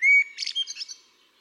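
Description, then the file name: Eurasian blackbird gives a brief song fragment, a short clear whistled note followed by a quick, squeaky high twitter that fades away. "Turdus merula"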